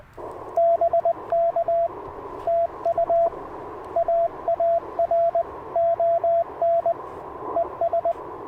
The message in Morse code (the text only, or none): BK TU AARON ES